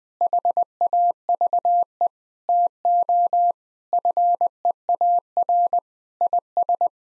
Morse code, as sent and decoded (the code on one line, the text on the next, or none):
.... .- ...- . / - --- / ..-. . .- .-. / .. ...
HAVE TO FEAR IS